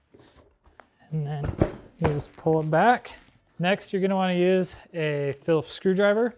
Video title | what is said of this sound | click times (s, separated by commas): Upgrade the Air Filter on Your Yamaha Tenere 700 | You do that by using this little key slot here. You can hear it pop. | 0.8 s